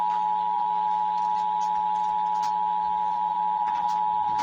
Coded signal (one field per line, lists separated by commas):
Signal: Emergency Alert System (SAME) tones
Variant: 853 and 960 Hz attention tone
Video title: Thats one way to wrap up the end of June- EAS Alerts from June 27th and June 28th, EAS#417-443